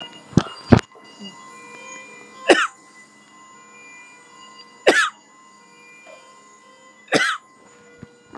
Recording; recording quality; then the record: heavy voluntary cough; moderate, slight background noise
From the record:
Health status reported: COVID-19 positive, moderate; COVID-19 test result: positive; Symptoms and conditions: cough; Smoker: not ticked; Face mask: worn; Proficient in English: yes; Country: India